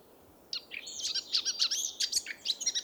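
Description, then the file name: Eurasian blackcap song, a quick scratchy warble of high chirps and trills starting after half a second and running on busily to the end. "Sylvia atricapilla"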